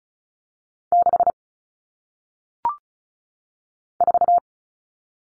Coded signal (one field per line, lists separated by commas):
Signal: Morse code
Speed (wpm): 34 wpm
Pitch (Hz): 700 Hz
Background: none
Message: 6 4